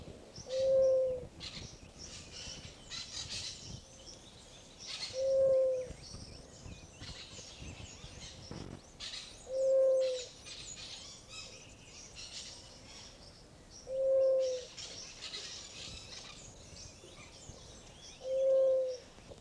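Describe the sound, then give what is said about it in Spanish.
A dove coos in five low, steady calls spaced about four seconds apart, over a constant busy layer of high, scratchy parakeet chatter, in Colombia. “El dulce arroyo de la paloma y la algarabía de los pericos.”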